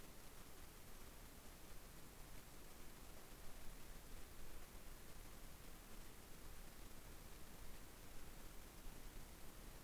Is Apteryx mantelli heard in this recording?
no